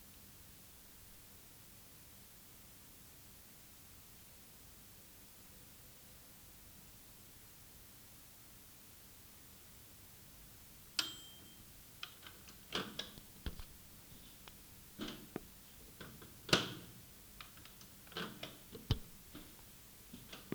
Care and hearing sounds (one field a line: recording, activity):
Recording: daily activity, guitar pickup as the sensor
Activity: use microwave